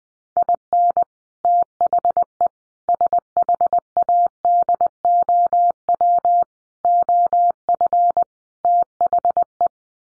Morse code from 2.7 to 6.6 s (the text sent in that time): SHADOW